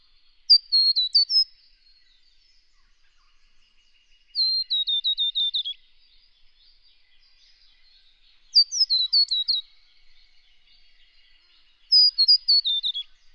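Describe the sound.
Scarlet honeyeater delivering four repeated phrases of high, tinkling descending notes, each lasting about a second and arriving about every four seconds, with quiet background.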